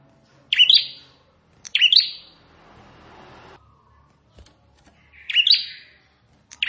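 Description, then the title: Plain prinia song: three buzzy chirps and the start of a fourth, with a soft noisy hiss and faint low rumble between the second and third notes. "Ciblek Sawah"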